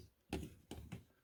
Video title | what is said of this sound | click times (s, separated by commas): New Hasbro Dino Megazord Review | do the same thing once again nice and steady until it snaps into place | 0.3 s